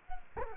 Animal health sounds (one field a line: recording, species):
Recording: mosquito wingbeat signal from an infrared sensor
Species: Culex quinquefasciatus